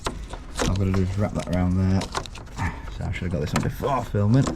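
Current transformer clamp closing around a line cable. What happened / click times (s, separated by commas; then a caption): Handled, not yet home: no seating click before the clamp closes / none. Someone talks while wrapping a split-core plastic current transformer clamp around the line cable of a solar battery install, orienting it toward grid and house by its arrow. Only a few brief handling noises are heard under the speech. The clamp has not clicked shut yet, and nothing has seated.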